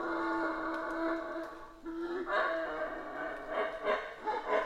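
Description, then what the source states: Colombian red howler monkey growling roar, a steady coarse drone that surges into louder pulsing grunts halfway through, with faint clicks in the background. Recorded in Guatemala.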